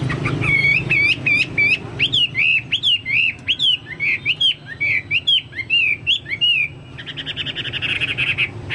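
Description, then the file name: Chinese hwamei song: a rich series of loud slurred whistles delivered rapidly, ending in a harsh buzzy burst; faint low hum underneath. "hwamei-2-omkicau"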